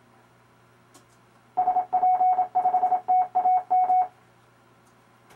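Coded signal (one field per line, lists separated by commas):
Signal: Morse code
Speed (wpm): 28 wpm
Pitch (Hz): 740 Hz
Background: none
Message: SP5TAM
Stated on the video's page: RufzXP program sending amateur callsigns in Morse for copying practice, aimed at CW contesting.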